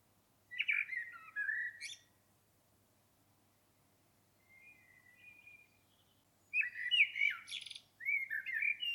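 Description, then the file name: Common blackbird singing: a fluted phrase ending in a high squeak, a quiet soft phrase, then a louder phrase mixing fluted notes with high squeaky twitter. "Turdus merula"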